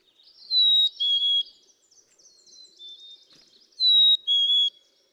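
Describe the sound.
Black-capped chickadee song: two clean whistled phrases, each a high note sliding to a lower held note, separated by soft faint twittering.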